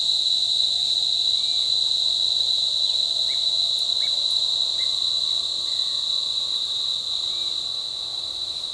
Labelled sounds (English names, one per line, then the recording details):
none
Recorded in forest near Pivijay, Magdalena, Colombia, on 16 April 2023 at 08:30
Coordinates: 10.467, -74.380
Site Z5-G034